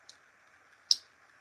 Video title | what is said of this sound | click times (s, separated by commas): Adding Swedging To A Pocket Knife | it's got It's got some snap I'd love to know what year it is | 0.9 s